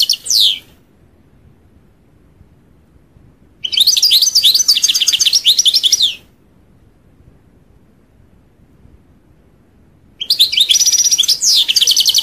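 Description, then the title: European goldfinch song in two long bursts of rapid, tinkling, twittering notes high in pitch, separated by a few seconds of silence, with a brief phrase at the start. "Chant Chardonneret"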